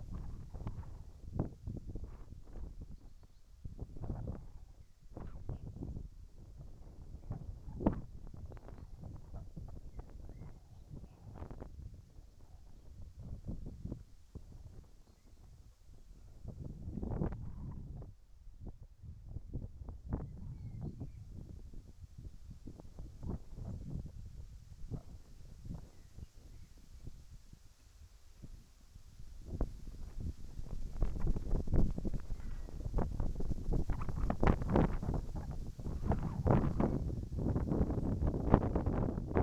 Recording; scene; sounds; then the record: everyday scene through a hearing-aid microphone; wind on the microphone; wind, whistling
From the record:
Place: in front of a rural house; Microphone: behind the ear, right, front